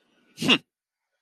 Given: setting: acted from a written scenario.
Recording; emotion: vocal sound without words; pride